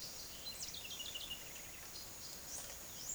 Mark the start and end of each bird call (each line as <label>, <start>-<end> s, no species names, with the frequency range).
bird call (1.8-10.2 kHz), 0.23-3.14 s